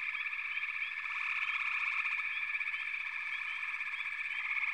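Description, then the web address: Frogs in full chorus, a steady pulsing trill with quick rising chirps now and then. "Natures Songs Nature Sounds The Natural Sounds of the Wilderness 10 CDs collection Echoes of Nature - Sampler 08 Frog Chorus"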